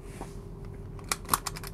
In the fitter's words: Locks in place, it works properly.